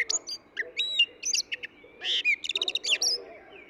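Eurasian blackbird song, a dense run of squeaky high twitters and short whistled notes tumbling together without pause.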